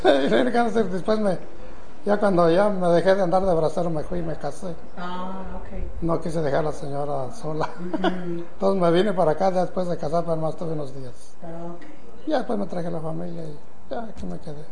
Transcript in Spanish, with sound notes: Después ya cuando ya me dejé de andar de bracero, me jui y me casé. No quise dejar la señora sola. (risas) Tonces me vine para acá ya después de casarme, nomás estuve unos días. Ya después me traje a la familia y ya aquí me quedé.